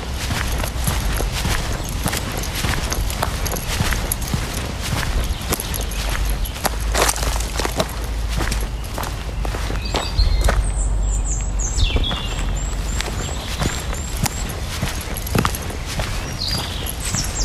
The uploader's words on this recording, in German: Abends mit dem Hund raus. Eine Stunde Spaziergang im Wald mit Hund. Viele Vögel, ein paar andere Spaziergänger*innen, keine anderen Hunde.